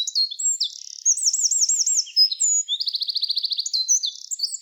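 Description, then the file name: Eurasian wren song: a fast, high-pitched stream of sharp chips, looping warbled phrases and rapid rattling trills, loud throughout. "Troglodytes troglodytes"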